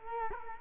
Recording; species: mosquito wingbeat signal from an infrared sensor; Culex quinquefasciatus